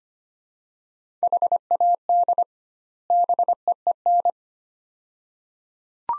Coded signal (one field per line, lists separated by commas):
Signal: Morse code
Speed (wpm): 25 wpm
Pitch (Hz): 700 Hz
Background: none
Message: HAD BEEN